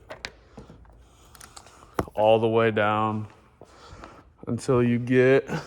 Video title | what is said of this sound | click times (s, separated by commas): G8 full wrap PART 1 | It's gonna start unclipping | 0.2 s, 2.0 s